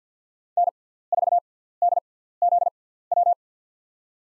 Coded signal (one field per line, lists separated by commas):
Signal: Morse code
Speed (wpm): 50 wpm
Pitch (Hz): 700 Hz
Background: none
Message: N4DZW